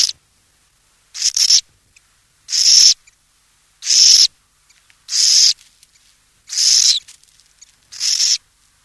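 Burrowing owl producing several loud, breathy rasps, each about half a second long, repeated roughly every one and a half seconds.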